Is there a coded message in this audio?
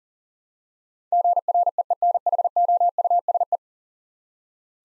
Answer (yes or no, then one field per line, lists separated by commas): yes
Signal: Morse code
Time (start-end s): 1.1-3.6 s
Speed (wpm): 40 wpm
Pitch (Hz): 700 Hz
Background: none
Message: GREENHOUSE